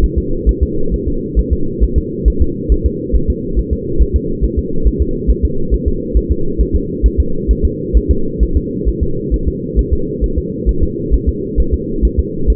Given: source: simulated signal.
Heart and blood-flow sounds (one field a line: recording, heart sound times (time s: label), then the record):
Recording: fetal heart sounds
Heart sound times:
0.04 s: S1
0.18 s: S2
0.49 s: S1
0.63 s: S2
0.94 s: S1
1.08 s: S2
1.39 s: S1
1.53 s: S2
1.83 s: S1
1.98 s: S2
2.28 s: S1
2.42 s: S2
2.72 s: S1
2.86 s: S2
3.15 s: S1
3.30 s: S2
3.59 s: S1
3.73 s: S2
4.01 s: S1
4.16 s: S2
4.44 s: S1
4.59 s: S2
4.87 s: S1
5.02 s: S2
5.30 s: S1
5.45 s: S2
5.74 s: S1
5.88 s: S2
6.17 s: S1
6.32 s: S2
6.61 s: S1
6.75 s: S2
7.06 s: S1
7.20 s: S2
7.51 s: S1
7.65 s: S2
7.97 s: S1
8.11 s: S2
8.43 s: S1
8.57 s: S2
8.88 s: S1
9.03 s: S2
9.34 s: S1
9.48 s: S2
9.79 s: S1
9.93 s: S2
10.24 s: S1
10.38 s: S2
10.69 s: S1
10.83 s: S2
11.14 s: S1
11.29 s: S2
11.60 s: S1
11.74 s: S2
12.05 s: S1
12.19 s: S2
12.50 s: S1
From the record:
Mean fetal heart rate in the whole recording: 135 bpm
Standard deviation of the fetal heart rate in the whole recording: 3 bpm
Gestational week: 34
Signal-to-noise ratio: -8.1 dB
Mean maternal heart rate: 72 bpm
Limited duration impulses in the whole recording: absent